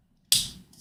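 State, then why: Seated. A plastic model kit part is pressed into its mating part, fitted without reading the instructions. After near silence, a loud, sharp click at 0.3 s rings bright in the high frequencies and fades over about half a second, followed by a faint second tick near 0.7 s. The parts snap together and are seated.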